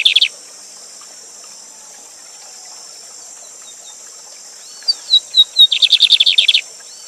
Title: Bigode Gavião Negro Professor De Canto Cantando Ao Vivo Com Cascata